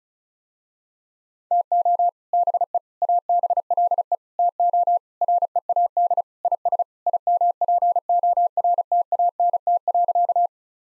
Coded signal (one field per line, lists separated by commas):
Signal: Morse code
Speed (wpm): 36 wpm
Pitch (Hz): 700 Hz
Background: none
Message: TO BE ABLE TO READ IS IMPORTANT.